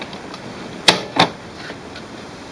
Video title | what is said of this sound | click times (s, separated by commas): HP DeskJet Plus 4152 - 4155 printer Unbox Setup Connect to 5Ghz Load paper Print/Scan alignment page | again, push it all the way in until you hear a snap. | 0.9 s